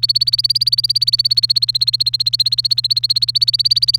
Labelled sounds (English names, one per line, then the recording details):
Domestic Canary song
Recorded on 29 April 2018 at 07:45
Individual llb3